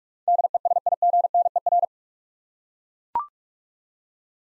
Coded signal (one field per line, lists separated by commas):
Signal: Morse code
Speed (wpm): 42 wpm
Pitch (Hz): 700 Hz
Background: none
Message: DESIGNER